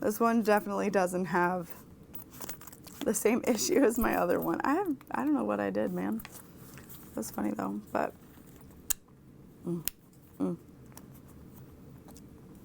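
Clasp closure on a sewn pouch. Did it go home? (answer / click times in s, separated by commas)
yes / 8.9 s, 9.9 s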